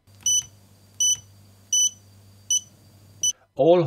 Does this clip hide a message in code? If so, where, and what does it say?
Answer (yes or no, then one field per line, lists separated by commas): no